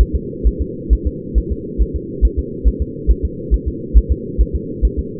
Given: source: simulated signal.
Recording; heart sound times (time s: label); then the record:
fetal heart sounds
0.01 s: S1
0.15 s: S2
0.47 s: S1
0.62 s: S2
0.93 s: S1
1.07 s: S2
1.38 s: S1
1.52 s: S2
1.82 s: S1
1.96 s: S2
2.25 s: S1
2.39 s: S2
2.68 s: S1
2.82 s: S2
3.11 s: S1
3.25 s: S2
3.54 s: S1
3.68 s: S2
3.97 s: S1
4.12 s: S2
4.41 s: S1
4.56 s: S2
4.85 s: S1
4.99 s: S2
From the record:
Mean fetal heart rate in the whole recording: 135 bpm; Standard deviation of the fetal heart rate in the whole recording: 3 bpm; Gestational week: 34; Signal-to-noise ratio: -4.1 dB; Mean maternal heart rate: no maternal heart sound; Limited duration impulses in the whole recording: absent